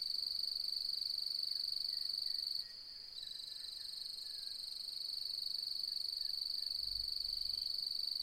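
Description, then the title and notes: Nocturnal crickets keep up a shrill, evenly pulsed trill that dips for a moment partway through, then gradually returns. Faint wind is heard in the background. Nocturnal cricket song beginning at dusk as light fades and the full moon rises, fluctuating; arid Mallee woodland, Mungo National Park, NSW, Australian outback; autumn, 4 May 2015, with wind in leaves. "Autumnal Dusk At Mungo National Park, NSW, Australia. As the light fades and the full moon rises.. the nocturnal cricket song begins and fluctuates. Recorded on the 4th of May, 2015 in the outback"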